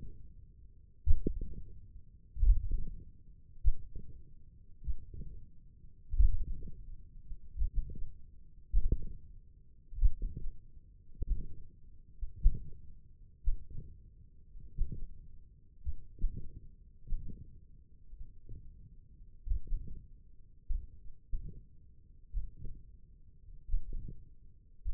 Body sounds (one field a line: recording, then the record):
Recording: forearm muscle sounds (acoustic myography)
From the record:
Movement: wrist flexion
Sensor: system 1, eight BSWA MPA416 microphones around the upper forearm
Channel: 4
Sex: male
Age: 20 years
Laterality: left